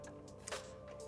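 A light bar wiring connector is plugged into its mating harness plug and snaps in at 0.5 s, a single sharp click over steady background music. The connector is seated and in place.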